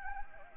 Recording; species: mosquito wingbeat signal from an infrared sensor; Anopheles gambiae